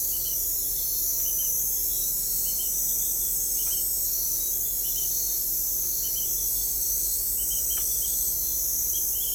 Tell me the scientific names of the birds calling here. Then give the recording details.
none. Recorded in forest near Pivijay, Magdalena, Colombia, on 2 June 2023 at 03:30. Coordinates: 10.467, -74.380. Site Z5-G034